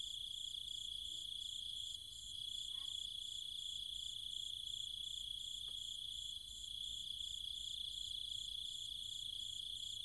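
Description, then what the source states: Cicadas and insects in a steady high buzzing chorus, a continuous shrill tone with a faster pulsing layer above it; brief faint lower calls appear around three and six seconds. Cicadas and other insects calling at night in trees and fields, countryside, Chiang Mai, Thailand.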